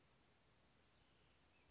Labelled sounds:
Western Flycatcher (Empidonax difficilis)
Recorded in Sonoma County, California

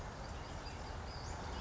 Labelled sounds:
Western Flycatcher (Empidonax difficilis)
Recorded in Sonoma County, California

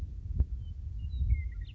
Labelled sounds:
Western Meadowlark (Sturnella neglecta)
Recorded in Sonoma County, California

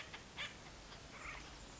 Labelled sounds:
Acorn Woodpecker (Melanerpes formicivorus)
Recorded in Sonoma County, California

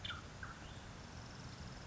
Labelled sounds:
Nuttall's Woodpecker (Dryobates nuttallii)
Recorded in Sonoma County, California

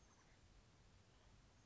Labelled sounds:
Chestnut-backed Chickadee (Poecile rufescens)
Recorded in Sonoma County, California

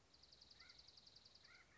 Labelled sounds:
Dark-eyed Junco (Junco hyemalis)
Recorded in Sonoma County, California

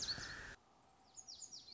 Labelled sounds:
Lazuli Bunting (Passerina amoena)
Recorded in Sonoma County, California

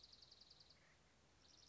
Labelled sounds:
Dark-eyed Junco (Junco hyemalis)
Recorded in Sonoma County, California

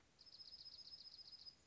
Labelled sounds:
Dark-eyed Junco (Junco hyemalis)
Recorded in Sonoma County, California

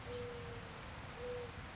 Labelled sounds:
Mourning Dove (Zenaida macroura)
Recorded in Sonoma County, California

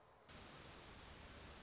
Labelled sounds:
Orange-crowned Warbler (Leiothlypis celata)
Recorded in Sonoma County, California

